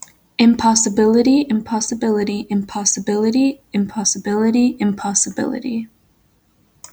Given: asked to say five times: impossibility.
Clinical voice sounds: repeated word; female; 18 to 19 years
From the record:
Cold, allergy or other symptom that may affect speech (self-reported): no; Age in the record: 18 years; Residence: Florida, United States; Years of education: 14

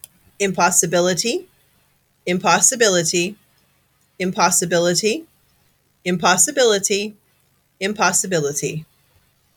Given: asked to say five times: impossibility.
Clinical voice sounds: repeated word; female; 40 to 49 years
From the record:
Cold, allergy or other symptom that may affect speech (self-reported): no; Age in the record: 46 years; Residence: Pennsylvania, United States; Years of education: 14

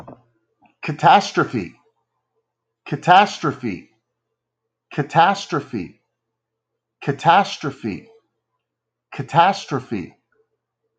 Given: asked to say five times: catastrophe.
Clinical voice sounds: repeated word; male; 40 to 49 years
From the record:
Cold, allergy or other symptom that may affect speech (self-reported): no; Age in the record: 40 years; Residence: Louisiana, United States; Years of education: 14

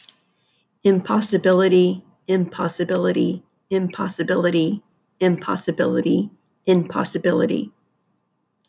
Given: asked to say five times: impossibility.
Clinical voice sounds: repeated word; female; 50 to 59 years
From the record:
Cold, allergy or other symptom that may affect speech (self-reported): no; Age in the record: 52 years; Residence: Texas, United States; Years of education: 14

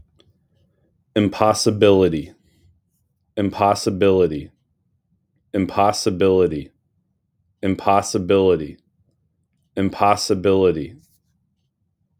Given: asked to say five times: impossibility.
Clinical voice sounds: repeated word; male; 30 to 39 years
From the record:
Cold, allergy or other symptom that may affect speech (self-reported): no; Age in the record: 35 years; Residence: Pennsylvania, United States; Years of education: 16

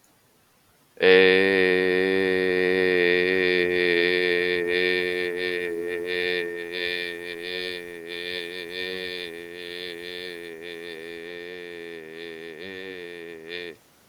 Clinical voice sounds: vowel held as long as possible; male; 30 to 39 years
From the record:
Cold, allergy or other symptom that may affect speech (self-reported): no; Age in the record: 39 years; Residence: Utah, United States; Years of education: 12

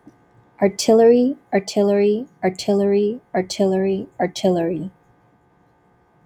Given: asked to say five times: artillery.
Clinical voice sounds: repeated word; female; 20 to 29 years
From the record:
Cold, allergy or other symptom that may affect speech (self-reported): no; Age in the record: 22 years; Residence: Illinois, United States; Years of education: 16

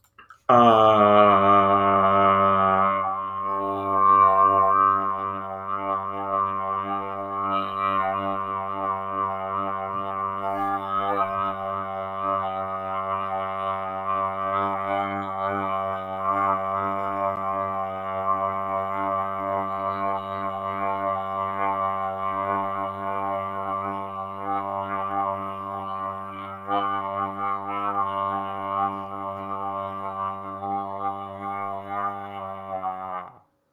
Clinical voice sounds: vowel held as long as possible; male; 20 to 29 years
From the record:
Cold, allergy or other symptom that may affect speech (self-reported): no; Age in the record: 21 years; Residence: Florida, United States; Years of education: 16

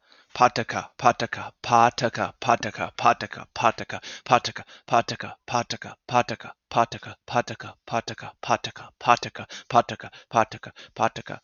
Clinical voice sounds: repeated syllables /pa ta ka/; male; 20 to 29 years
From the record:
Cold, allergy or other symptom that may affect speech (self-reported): no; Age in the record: 20 years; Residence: Connecticut, United States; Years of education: 14

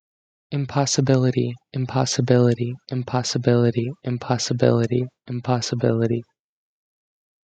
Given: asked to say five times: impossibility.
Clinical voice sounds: repeated word; male; 20 to 29 years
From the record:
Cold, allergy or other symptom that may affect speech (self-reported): no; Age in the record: 23 years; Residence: Minnesota, United States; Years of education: 13

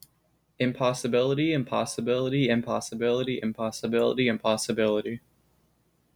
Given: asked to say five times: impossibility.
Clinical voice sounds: repeated word; male; 20 to 29 years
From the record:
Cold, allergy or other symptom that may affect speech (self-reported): no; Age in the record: 22 years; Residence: Florida, United States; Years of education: 15

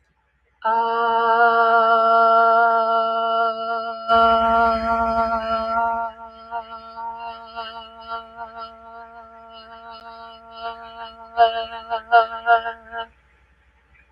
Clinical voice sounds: vowel held as long as possible; female; 60 to 69 years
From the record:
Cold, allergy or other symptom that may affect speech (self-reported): yes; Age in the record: 65 years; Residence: Georgia, United States

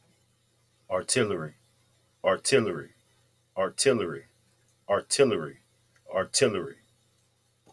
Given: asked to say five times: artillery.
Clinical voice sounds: repeated word; male; 40 to 49 years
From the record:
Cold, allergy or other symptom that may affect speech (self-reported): no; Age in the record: 40 years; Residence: Texas, United States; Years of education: 12

